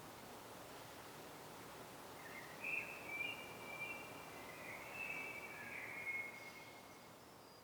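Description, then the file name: Common blackbird song: a drawn-out, mellow warbled phrase of fluty notes, fairly soft against a noisy, hissing background. "Turdus merula"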